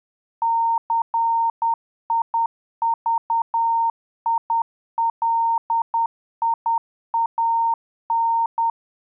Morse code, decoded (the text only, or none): CIVILIAN